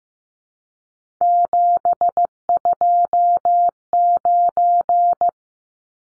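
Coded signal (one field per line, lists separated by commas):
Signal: Morse code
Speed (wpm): 15 wpm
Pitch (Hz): 700 Hz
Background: none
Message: 729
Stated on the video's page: Morse code drill of three-digit numbers at 15 wpm for head copy, each number sent twice.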